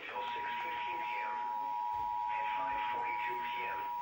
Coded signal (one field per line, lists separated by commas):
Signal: Emergency Alert System (SAME) tones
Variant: 853 and 960 Hz attention tone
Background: speech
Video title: EAS #89-#90 - Feb 2025 Tornado Warnings on TV and weather radio